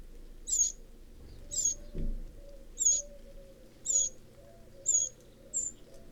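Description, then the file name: Eurasian wren giving sharp, high, thin call notes, repeated about once a second six times over a steady low background hum. "Troglodytes troglodytes"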